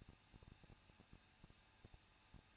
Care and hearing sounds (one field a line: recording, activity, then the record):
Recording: daily activity, microphone in the room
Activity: no activity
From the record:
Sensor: 2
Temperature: 21.0 degrees Celsius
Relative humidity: 37.3%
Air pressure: 1006.2 hPa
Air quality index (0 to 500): 221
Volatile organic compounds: 23 ppm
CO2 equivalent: 2792 ppm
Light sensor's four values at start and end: 2/3/2/2 and 2/3/2/2